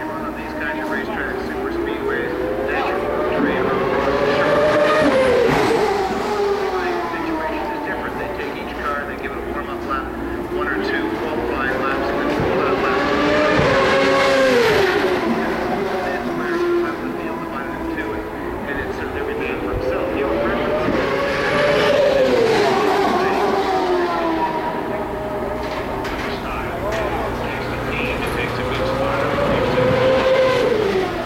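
Turbocharged V8 race cars pass by at a street race, their engine notes rising and falling in swelling waves roughly every eight to nine seconds. Each pass brings a loud, buzzing whine that climbs in pitch, then drops away, over a constant rumble.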